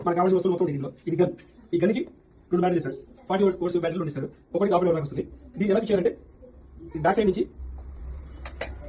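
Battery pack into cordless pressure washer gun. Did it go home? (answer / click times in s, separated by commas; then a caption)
yes / 8.5 s, 8.6 s. A man talks for most of the clip, then a battery pack is slid into a cordless pressure washer gun from the back side. Two sharp clicks land at 8.5 s and 8.6 s as the battery locks into the gun and seats.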